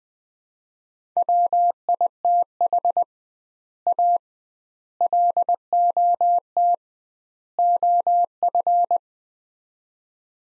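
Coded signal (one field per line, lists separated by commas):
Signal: Morse code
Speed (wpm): 20 wpm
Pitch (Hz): 700 Hz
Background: none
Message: WITH A LOT OF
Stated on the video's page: Head-copy drill of four-word sets at 20 wpm with 2x word spacing, a Farnsworth-like method; each set sent, spoken, then sent again.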